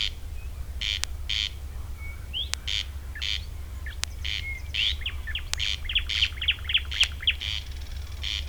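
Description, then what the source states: Corn crake rasping steadily in paired dry bursts, while another bird adds a quick run of thin whistled notes near the end; sharp ticks and low hum throughout. Recorded on 3 June 2016.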